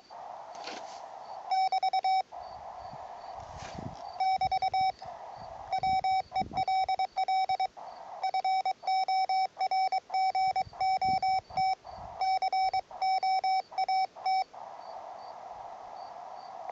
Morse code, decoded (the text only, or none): <BT> <BT> WELL FORGOT COAT